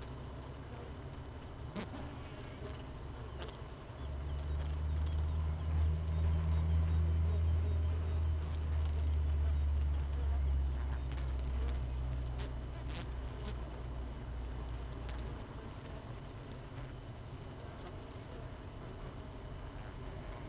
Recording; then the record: honeybee colony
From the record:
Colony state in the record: missing queen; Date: 31 May 2018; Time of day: 6:15